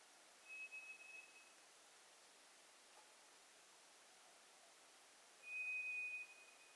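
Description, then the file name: White's thrush song: a thin, steady, high whistle held about a second, then silence, then a second identical whistle near the end, over faint hiss. Recorded 2 July 2007. "toratugumi-20070702"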